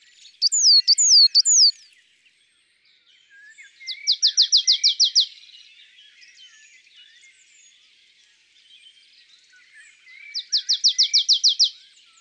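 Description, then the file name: Marsh tit song: a few loud, sharp notes, then two quick dry runs of about ten identical chipping notes, each run lasting roughly a second, with quiet gaps between. "Mesange nonnette ABC des chants doiseaux"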